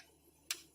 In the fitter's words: Make sure you hear it click.